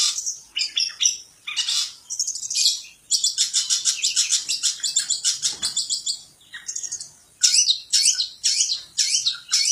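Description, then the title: Long-tailed shrike song: loud harsh notes and fast scratchy trills, delivered in quick phrases with brief gaps between them. Song of a champion bird. "Kicau Burung Cendet Juara"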